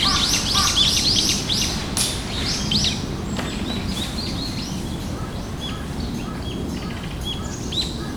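Bird calls as quick high chirps, densest early then thinning to sparse tweets, over steady low background noise.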